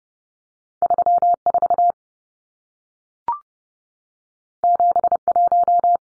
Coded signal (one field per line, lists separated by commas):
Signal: Morse code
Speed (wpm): 30 wpm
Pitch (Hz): 700 Hz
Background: none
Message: 34 71